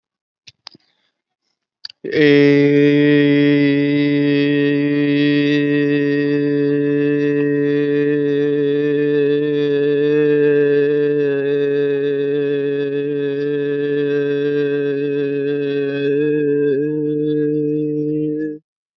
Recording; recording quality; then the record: sustained vowel as in made; excellent, no background noise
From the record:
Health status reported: healthy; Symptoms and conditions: none ticked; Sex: male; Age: 26 years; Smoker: yes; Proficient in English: yes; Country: India